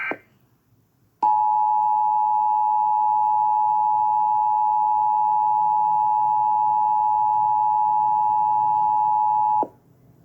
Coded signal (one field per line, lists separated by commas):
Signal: Emergency Alert System (SAME) tones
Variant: 853 and 960 Hz attention tone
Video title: Cartoon Network. [June 18 2022] [Remake] [With the real Emergency Alert System]